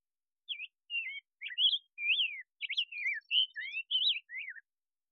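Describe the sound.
Rose-breasted grosbeak giving a fluent warbling song of about a dozen looping, robin-like whistled notes that rise and fall.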